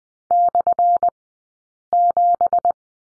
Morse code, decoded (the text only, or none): /7